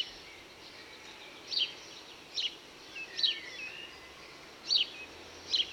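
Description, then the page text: House sparrow chirping, five short bright notes at uneven intervals, under noticeable background hiss. Song and calls of a House Sparrow, recorded at Cowley, Gloucestershire, England. "House Sparrows (Passer domesticus). Bozi e cantu di un biddisò"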